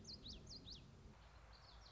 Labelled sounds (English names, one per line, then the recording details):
Common Yellowthroat
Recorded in Sonoma County, California